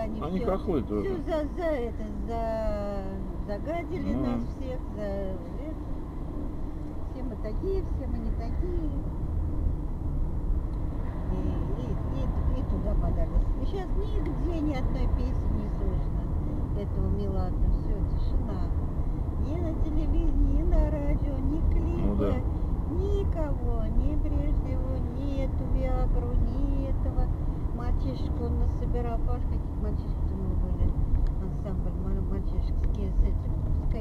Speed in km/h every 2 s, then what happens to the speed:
29, 30, 31, 31, 32, 32, 32, 33, 33, 33, 34, 33, 32, 31, 31, 29, 26.
0-21 steady at about 32. 21-34 slows to 26.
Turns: none.